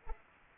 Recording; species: mosquito wingbeat signal from an infrared sensor; Anopheles arabiensis